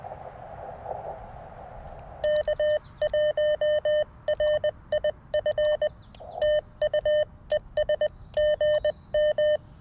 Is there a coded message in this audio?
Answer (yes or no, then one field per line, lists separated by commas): yes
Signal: Morse code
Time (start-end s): 2.2-9.6 s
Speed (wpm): 20 wpm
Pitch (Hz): 600 Hz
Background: none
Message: K1RIF TUES GM